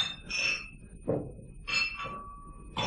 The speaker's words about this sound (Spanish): ¿Qué es eso? Parece como si chocaran botellas entre sí. ¿Y los vidrios?